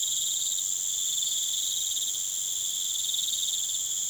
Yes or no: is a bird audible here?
no